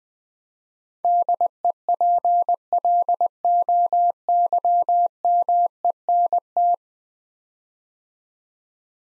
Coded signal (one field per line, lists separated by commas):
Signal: Morse code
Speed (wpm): 20 wpm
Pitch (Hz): 700 Hz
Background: none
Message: DEPLOYMENT